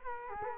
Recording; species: mosquito wingbeat signal from an infrared sensor; Culex quinquefasciatus